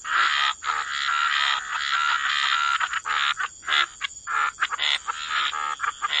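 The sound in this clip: Frog chorus, a continuous croaking wash that turns into short separate rasping bursts toward the end, with a steady high-pitched hum.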